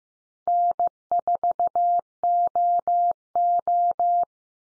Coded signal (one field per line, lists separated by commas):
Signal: Morse code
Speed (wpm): 15 wpm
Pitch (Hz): 700 Hz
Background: none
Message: N4OO